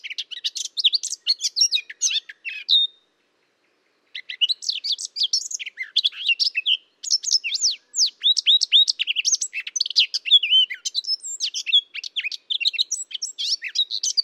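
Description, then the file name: Eurasian blackcap: long stretches of rapid, varied twittering and whistled notes, broken by two short silent gaps. "Sylvia atricapilla"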